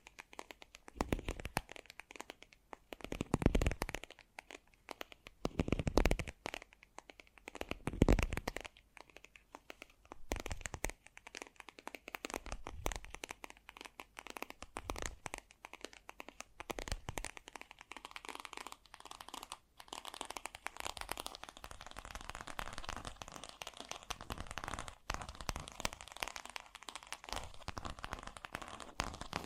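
Fast, gentle tapping runs through the whole clip as a dense patter of small crisp clicks with a crinkly, papery edge. Louder, heavier knocks stand out in the first ten seconds, near 3, 6 and 8 seconds, and the later tapping turns brighter and more even.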